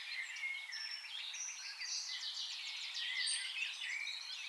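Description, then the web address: Eurasian blackcap delivering a dense, buzzy, continuous warble of rapid chirps and short trills, steady in volume from start to finish. "SETE data Sylvia atricapilla"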